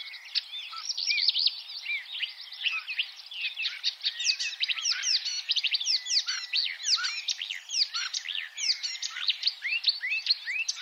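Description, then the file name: Marsh warbler song, an unbroken, hurried medley of twittering notes, sharp downslurs and short buzzes, densely packed and highly varied. "suara-kicauan-burung-marsh-warbler omkicau"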